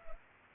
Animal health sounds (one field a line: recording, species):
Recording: mosquito wingbeat signal from an infrared sensor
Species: Culex pipiens